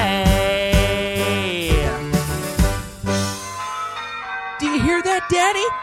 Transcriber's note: bell ringing